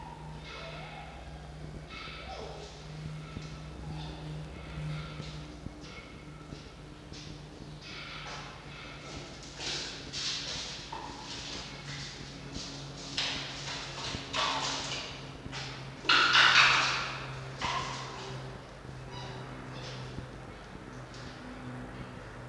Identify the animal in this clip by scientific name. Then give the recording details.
Vulpes vulpes. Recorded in captivity. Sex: diverse. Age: diverse. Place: Zoologisches Institut der HUB, Berlin, DE. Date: 1952-09-17 16:00. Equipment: Elmetra. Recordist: Tembrock, Günter